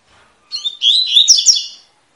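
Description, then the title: Double-collared seedeater: one fast phrase of sweet, slurred high notes that ends in sharper, emphatic chips. Tui-tui song style, a teacher song for training young birds. "COLEIRO TUI TUI FIBRA CANTO PROFESSOR"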